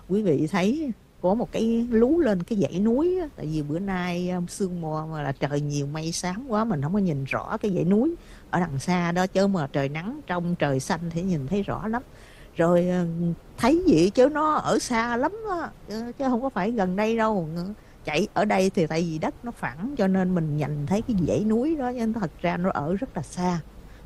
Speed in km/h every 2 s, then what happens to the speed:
13, 26, 31, 32, 39, 45, 52, 55, 56, 56, 58, 53.
0-18 speeds up to 56.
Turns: none.